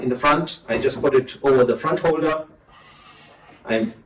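Someone talks while the front end of a Nova Pro Scala drawer gallery rail is placed over the front holder, ahead of sliding its cap on. The talking stops for a quiet stretch with faint hiss from about 2.5 to 3.6 s, then resumes briefly. Nothing has seated or clicked yet.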